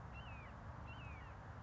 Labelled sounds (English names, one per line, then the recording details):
Red-shouldered Hawk
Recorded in Sonoma County, California